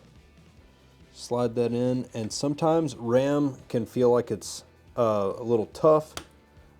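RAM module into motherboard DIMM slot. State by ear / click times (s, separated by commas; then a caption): not seated / none. A RAM memory stick is being slid into a motherboard DIMM slot during an HP Victus case swap while someone talks. Nothing has seated or clicked yet.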